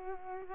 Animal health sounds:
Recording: mosquito wingbeat signal from an infrared sensor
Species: Culex pipiens

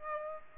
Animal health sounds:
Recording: mosquito wingbeat signal from an infrared sensor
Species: Aedes aegypti

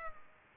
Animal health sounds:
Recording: mosquito wingbeat signal from an infrared sensor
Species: Culex pipiens

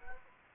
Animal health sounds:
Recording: mosquito wingbeat signal from an infrared sensor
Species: Anopheles gambiae

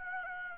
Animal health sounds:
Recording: mosquito wingbeat signal from an infrared sensor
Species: Aedes aegypti

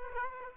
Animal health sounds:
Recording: mosquito wingbeat signal from an infrared sensor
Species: Aedes aegypti

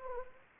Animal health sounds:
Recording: mosquito wingbeat signal from an infrared sensor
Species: Anopheles arabiensis

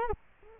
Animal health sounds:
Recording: mosquito wingbeat signal from an infrared sensor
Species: Culex quinquefasciatus

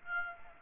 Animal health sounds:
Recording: mosquito wingbeat signal from an infrared sensor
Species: Aedes aegypti

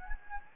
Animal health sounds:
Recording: mosquito wingbeat signal from an infrared sensor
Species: Anopheles gambiae

